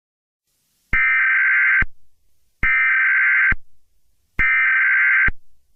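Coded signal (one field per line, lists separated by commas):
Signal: Emergency Alert System (SAME) tones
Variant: header bursts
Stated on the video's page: Fictional EAS scenario.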